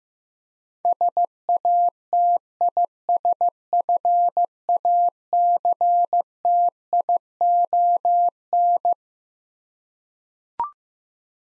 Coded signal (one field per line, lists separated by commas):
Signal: Morse code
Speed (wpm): 16 wpm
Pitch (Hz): 700 Hz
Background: none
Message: SATISFACTION